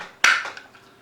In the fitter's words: and it just snaps back in place and we're done with him